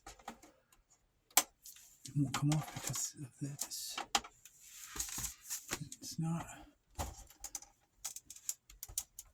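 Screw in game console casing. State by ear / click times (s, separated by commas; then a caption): stripped / 8.8 s, 9.0 s. A stuck screw in a Sony PlayStation 4 console casing is worked with a driver during disassembly, with sharp clicks and scraping between stretches of someone talking. The driver slips and the screw strips, with clicks at 8.8 s and 9.0 s.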